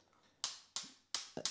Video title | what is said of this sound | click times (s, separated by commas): FAPPEN Selfie Stick Tripod REVIEW | that I've demonstrated is this one has a click, as you can hear. | 0.4 s, 0.8 s, 1.1 s, 1.5 s